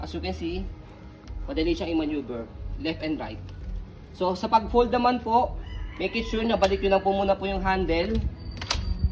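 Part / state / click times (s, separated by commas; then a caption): front swivel wheel lock on a stroller frame / seated / 8.7 s. Someone talks while the handle of an Aprica Luxuna Bitte stroller is returned and its front swivel wheel is set into its locked position to prepare the stroller for folding. A sharp plastic click is heard at 8.7 seconds as the front swivel wheel lock on the stroller frame clicks into place, and the wheel is locked.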